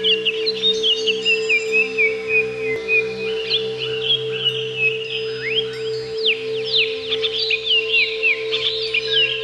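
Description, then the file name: Greater green leafbird song: long, chattering warble of mixed whistles, trills and falling slurs, delivered almost without pause, with a low steady hum behind. "cucak ijo"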